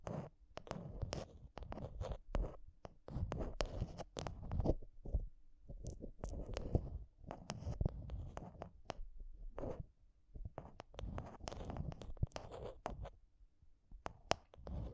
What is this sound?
Intense Mic Tapping and Scratching Sounds